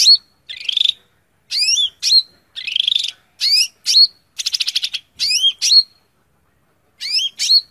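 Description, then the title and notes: Greater green leafbird singing, mixing looping upslurred whistles, scratchy buzzes and a stuttering trill in rapid succession. Song recording meant as tutor audio (masteran) for training cucak ijo cage birds. "Suara Burung Cucak Ijo. mantap buat masteran burung cak ijo"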